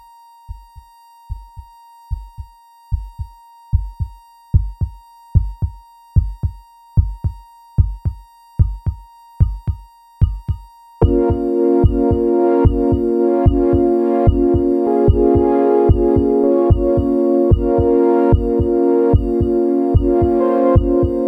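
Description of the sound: Pulsatile tinnitus in an adult who cannot hear out of the left ear: rhythmic low thumping pulses, roughly once a second, in time with the heartbeat, over a faint steady tone; about halfway through, a louder continuous broadband hum joins the pulses.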